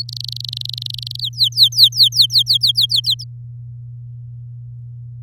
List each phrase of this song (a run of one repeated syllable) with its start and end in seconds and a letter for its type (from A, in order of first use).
0.09-1.20 A, 1.21-3.24 B